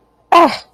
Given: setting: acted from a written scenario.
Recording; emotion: vocal sound without words; distress